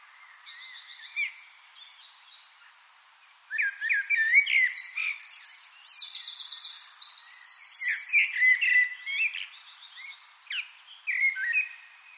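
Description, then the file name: Common blackbird singing a varied, warbling song with dense, high, rapidly repeated trills and chirps. "Turdus merula"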